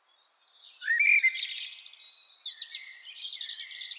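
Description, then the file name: Common blackbird giving a short fluted phrase that ends in a buzzy, squeaky flourish, followed by soft high warbling. "Turdus merula"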